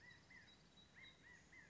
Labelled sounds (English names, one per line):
California Quail